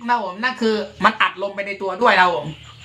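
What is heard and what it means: Someone talks while handling the plastic barrel of a toy double-barrel break-action shotgun, which is pressed down toward its locked cocked position to compress the air inside. The barrel hinge has not yet clicked into place and nothing has seated by the end of the clip.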